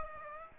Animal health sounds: mosquito wingbeat signal from an infrared sensor; Aedes aegypti

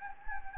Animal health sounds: mosquito wingbeat signal from an infrared sensor; Anopheles gambiae

